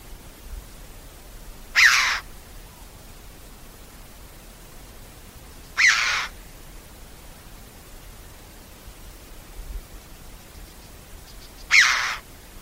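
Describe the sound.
Bird uttering short harsh rasping calls, three in all at uneven intervals of four to six seconds, with faint background noise.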